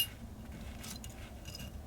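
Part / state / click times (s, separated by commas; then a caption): G-10 trigger guard into AR-15 lower receiver / not seated / none. A spring-loaded detent on a Hogue Extreme Series G-10 trigger guard is pressed as the guard is fitted into an AR-15 lower receiver, with a few light, faint handling clinks over a low background. The guard is not home yet, and the detent has not popped into place.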